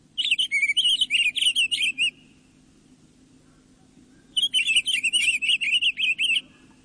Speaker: A pine grosbeak warbles sweetly from the scattered evergreens as our climb reaches the high subalpine.